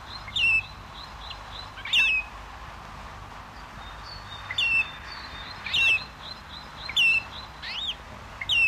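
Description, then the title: Great grey shrike calls: short, high, downward-sliding notes given at spaced intervals. "Viikon luontoääni: Isolepinkäinen"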